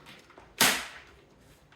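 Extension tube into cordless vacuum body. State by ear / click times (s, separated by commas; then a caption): seated / 0.6 s. An extension tube is pushed onto the body of a Levoit LVAC 200 cordless vacuum and latches with a single loud, sharp click at 0.6 s. The click stands out clearly from the quiet before and after, and the tube is seated and locked in place.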